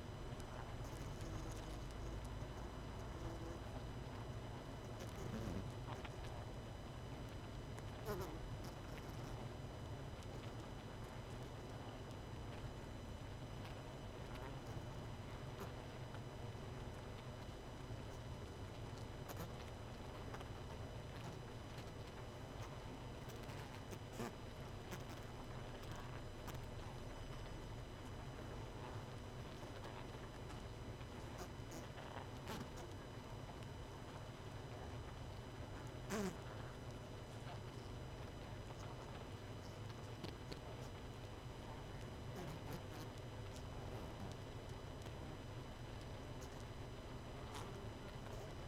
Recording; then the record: honeybee colony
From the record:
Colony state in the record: missing queen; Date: 31 May 2018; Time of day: 21:58